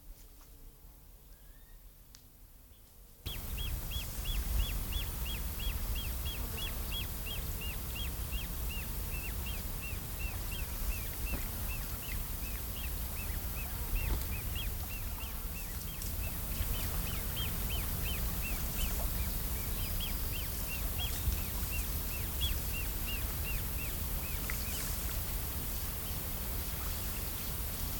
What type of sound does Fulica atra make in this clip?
call